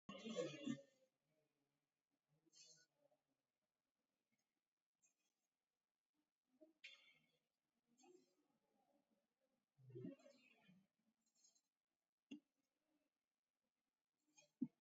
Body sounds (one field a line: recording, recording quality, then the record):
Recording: deep breathing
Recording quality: moderate, slight background noise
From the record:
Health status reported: exposed to COVID-19, no respiratory illness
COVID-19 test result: negative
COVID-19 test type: RT-PCR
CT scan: taken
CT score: 7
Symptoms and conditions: cough, sore throat, fatigue, loss of smell and taste, diabetes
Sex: male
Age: 81 years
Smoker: no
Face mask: worn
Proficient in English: yes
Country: India